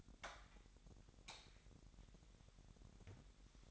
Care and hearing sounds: daily activity, microphone in the room; light on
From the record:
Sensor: 3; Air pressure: 1011.9 hPa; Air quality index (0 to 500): 230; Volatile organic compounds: 5 ppm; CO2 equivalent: 1707 ppm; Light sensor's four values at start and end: 13/32/13/13 and 15/39/16/16

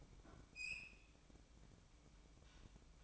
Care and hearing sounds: daily activity, microphone in the room; open fridge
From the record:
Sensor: 1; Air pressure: 1007.7 hPa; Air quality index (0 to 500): 84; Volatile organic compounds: 1 ppm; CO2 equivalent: 725 ppm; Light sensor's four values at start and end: 13/31/13/14 and 13/31/12/14

